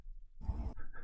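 A single short, rough, low rumbling snore lasts about a third of a second, then fades into quieter breathing noise. It is a loud snoring breath from a sleeping female cat in the background of a room, snoring louder than most humans.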